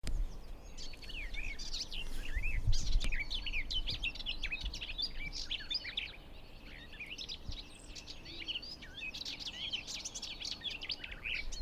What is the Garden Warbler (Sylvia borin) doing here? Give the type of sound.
song